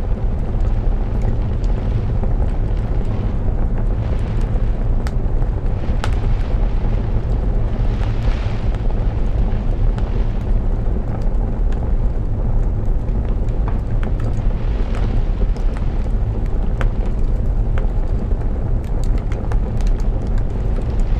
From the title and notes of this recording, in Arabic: كوخ دافئ مع أصوات المطر وصوت المدفأة المتقصفة. يتموضع هذا القبو الدافئ في قلب الطبيعة البرية في Hvolsvöllur بآيسلندا. حيث يرتق الأمطار اللطيفة على النوافذ، محمولةً عبر نسيم آيسلندي عاشق. صوت المطر المريح وصوت المدفأة المتقصفة.